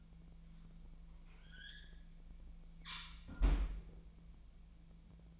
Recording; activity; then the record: daily activity, microphone in the room; close fridge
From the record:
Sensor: 1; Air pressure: 1009.7 hPa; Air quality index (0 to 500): 193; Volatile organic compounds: 19 ppm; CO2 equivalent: 2645 ppm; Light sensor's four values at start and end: 30/78/32/39 and 30/77/32/38